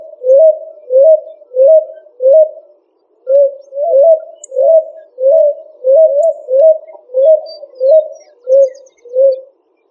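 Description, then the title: Pigeon coos: low, rounded notes repeated rhythmically about every 0.6 seconds, with a brief pause after the first four before the series resumes. "Columbidae Pomba"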